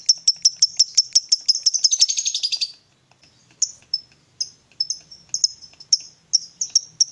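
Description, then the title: Lovebird chirping: rapid high chirps that speed into a brief buzzy trill, a short pause, then separate sharp chirps. Lovebird whose style makes it look very clever at 'memancing', luring or provoking other birds into calling. "Dari Gayanya Lovebird Ini Terlihat Pintar Sekali Memancing"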